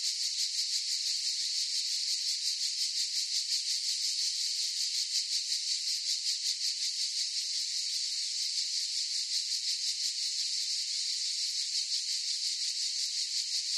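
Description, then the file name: Cicada chorus, an intense high-pitched buzzing wall of sound with fast even throbbing, steady for the full length. Chorus of several cicadas in a forest. "gain walkers CICADAS Forest Chorus"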